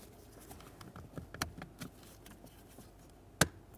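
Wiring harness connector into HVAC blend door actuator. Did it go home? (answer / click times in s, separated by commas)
yes / 3.4 s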